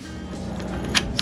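On a Dualtron Popular electric scooter, the folding latch on the stem's folding mechanism is pushed closed after its adjustment screw has been backed out, with a steady low hum underneath and brief sharp ticks near 1.0 and 1.2 seconds. The latch still does not lock; nothing has seated or clicked yet.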